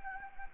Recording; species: mosquito wingbeat signal from an infrared sensor; Anopheles gambiae